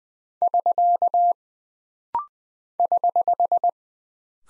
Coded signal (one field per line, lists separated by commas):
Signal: Morse code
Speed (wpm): 20 wpm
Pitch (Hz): 700 Hz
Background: none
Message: <SK> <HH>